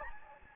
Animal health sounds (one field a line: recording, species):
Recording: mosquito wingbeat signal from an infrared sensor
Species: Anopheles gambiae